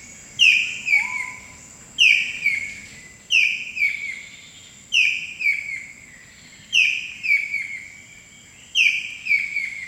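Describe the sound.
Blue-breasted kingfisher calling in repeated phrases every one and a half to two seconds, each a loud high whistle that falls into a stuttering descending trill; once a soft lower whistle.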